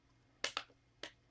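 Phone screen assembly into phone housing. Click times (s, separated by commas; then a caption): 0.4 s, 0.6 s, 1.0 s. A plastic front and screen assembly is pressed into a phone housing and pops into place with sharp, bright snaps at 0.4 s, 0.6 s and 1.0 s. The snaps sound a bit like plastic cracking, but the assembly is seated in the housing.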